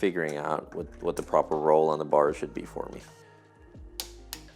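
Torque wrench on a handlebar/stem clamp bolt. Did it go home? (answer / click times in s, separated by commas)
yes / 4.0 s, 4.3 s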